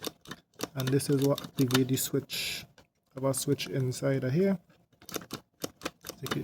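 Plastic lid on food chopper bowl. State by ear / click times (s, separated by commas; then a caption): seated / 5.2 s, 5.6 s, 5.9 s, 6.1 s, 6.3 s. Someone talks while the plastic lid (head) of a Proctor Silex food chopper is twisted onto its bowl. A series of small clicks is heard at about 5.2, 5.6, 5.9, 6.1, 6.3 and 6.3 seconds, and the lid locks in place on the bowl.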